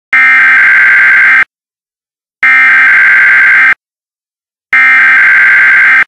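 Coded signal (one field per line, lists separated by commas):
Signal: Emergency Alert System (SAME) tones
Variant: header bursts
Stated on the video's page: Mock-up of a TV station EAS test.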